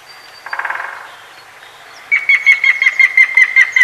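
White-tailed eagle calling: after a soft burst of noise, a quick run of sharp, yelping notes begins, repeated several times a second and holding a steady pitch.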